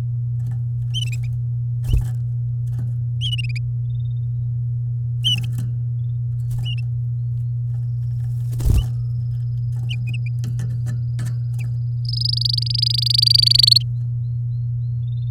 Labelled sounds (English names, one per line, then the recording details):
Domestic Canary song
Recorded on 8 May 2018 at 08:57
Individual llb16